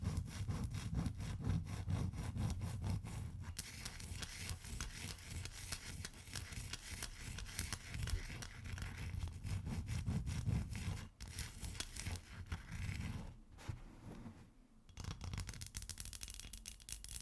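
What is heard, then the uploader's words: Ice being scraped and scratched in dense, rough, continuous strokes with a heavy low rumble, briefly dropping out around eleven and fourteen seconds. ASMR Ice Tapping & Scratching (No Talking).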